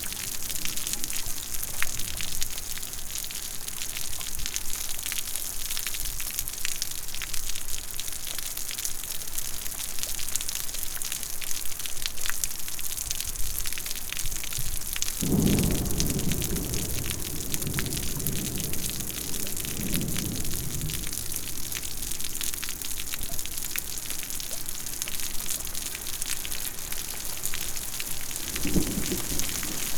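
Steady, dense rain hisses and patters, with a deeper gush of running water swelling midway and briefly again near the end.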